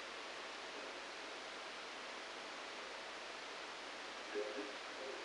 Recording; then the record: brain microelectrode recording played as sound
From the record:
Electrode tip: outside the subthalamic nucleus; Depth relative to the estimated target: 1 mm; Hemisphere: right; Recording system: NeuroSet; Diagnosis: Parkinson's disease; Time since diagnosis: 9 years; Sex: male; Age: 56 years